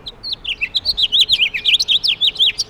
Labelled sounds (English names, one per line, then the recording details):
House Finch song
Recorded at Oakdale on Long Island, New York, on 18 June 2013
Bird B